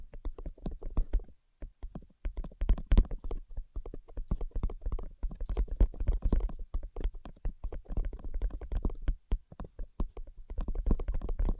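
Tapping in quick, irregular bursts of sharp knocks with a deep thudding body, pausing briefly near the start and continuing densely throughout.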